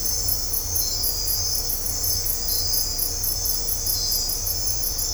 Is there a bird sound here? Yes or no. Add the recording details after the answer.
no. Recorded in dense forest near Puerto Asís, Putumayo, Colombia, on 20 December 2024 at 23:00. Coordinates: 0.503, -76.323. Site G043